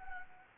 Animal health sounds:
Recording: mosquito wingbeat signal from an infrared sensor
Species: Anopheles gambiae

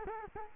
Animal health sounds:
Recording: mosquito wingbeat signal from an infrared sensor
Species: Culex quinquefasciatus

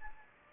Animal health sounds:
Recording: mosquito wingbeat signal from an infrared sensor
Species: Anopheles gambiae

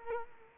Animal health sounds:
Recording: mosquito wingbeat signal from an infrared sensor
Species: Culex quinquefasciatus

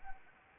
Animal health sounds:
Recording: mosquito wingbeat signal from an infrared sensor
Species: Anopheles arabiensis

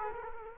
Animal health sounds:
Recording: mosquito wingbeat signal from an infrared sensor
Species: Culex quinquefasciatus

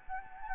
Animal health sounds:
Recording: mosquito wingbeat signal from an infrared sensor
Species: Anopheles gambiae

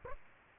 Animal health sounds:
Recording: mosquito wingbeat signal from an infrared sensor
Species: Aedes aegypti

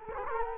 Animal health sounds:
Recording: mosquito wingbeat signal from an infrared sensor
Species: Culex quinquefasciatus

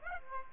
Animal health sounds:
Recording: mosquito wingbeat signal from an infrared sensor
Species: Aedes aegypti

